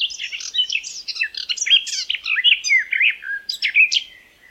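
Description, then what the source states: Garden warbler song: one continuous, rapid babbling warble of mellow, churring and squeaky notes that fades out at the end. May 2020.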